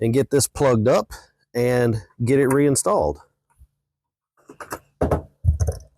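Someone talks, then short sharp plastic-like handling knocks come from about 4.6 to 5.6 s as the wiring harness connector is pushed toward the back of the replacement third brake light housing on a 2004-2008 Ford F150. The connector has not clicked into place or seated yet.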